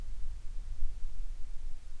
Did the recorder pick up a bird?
no